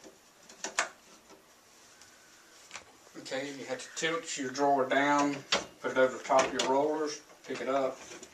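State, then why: Not seated. A wooden cabinet drawer is tilted down, set over the cabinet's roller slides and lifted into position. A few short knocks and taps come near 0.6–0.8 seconds, with fainter ones around 2.0 and 2.8 seconds, and then someone talks. Nothing has seated or locked in yet.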